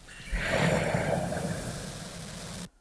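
An adult snoring: a single long, rough snore with low-pitched rumble.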